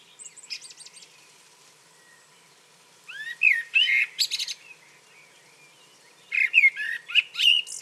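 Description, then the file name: Common blackbird song: faint high twitters, then two louder fluty warbles ending in squeaky flourishes. "Turdus merula"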